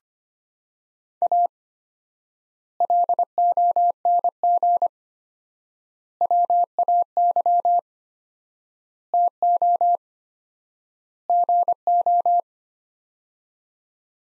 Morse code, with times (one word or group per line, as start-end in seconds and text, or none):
1.2-1.5 A
2.8-4.9 LONG
6.2-7.8 WAY
9.1-10.0 TO
11.3-12.4 GO